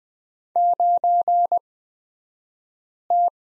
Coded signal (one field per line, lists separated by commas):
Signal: Morse code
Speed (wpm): 20 wpm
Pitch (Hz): 700 Hz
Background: none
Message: 9T